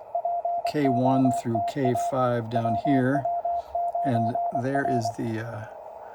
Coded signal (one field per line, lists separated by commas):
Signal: Morse code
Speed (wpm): 22 wpm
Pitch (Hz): 690 Hz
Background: speech, radio noise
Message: POTA WW9R